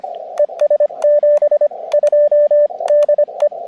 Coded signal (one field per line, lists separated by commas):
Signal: Morse code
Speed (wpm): 24 wpm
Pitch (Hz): 590 Hz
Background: radio noise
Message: ES 72 DE